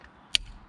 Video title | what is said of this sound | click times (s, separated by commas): MR2 Spyder / Roadster exhaust install | you go click always | 0.4 s